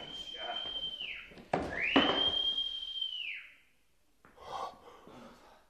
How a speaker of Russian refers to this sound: Это Дерк. Слышите, свистит 2 раза. Значит, нас выследили. Надо бежать, ребята.